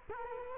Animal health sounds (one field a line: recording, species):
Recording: mosquito wingbeat signal from an infrared sensor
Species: Culex quinquefasciatus